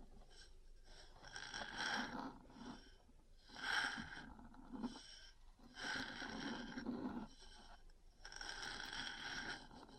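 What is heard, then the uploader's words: Metal parts scrape in repeated rasping bursts, each lasting one to two seconds, with short quieter gaps between them. The scratching has a harsh, hissy edge over a low rumble, and the loudest stroke lands around four seconds in. Metal Parts Tapping & Scratching.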